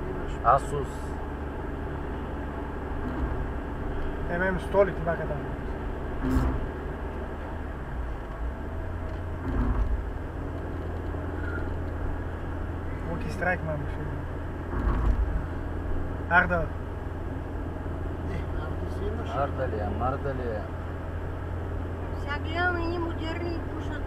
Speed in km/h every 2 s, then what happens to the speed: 68, 67, 68, 69, 69, 64, 63, 63, 62, 62, 62, 61.
0-24 steady at about 63.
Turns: none.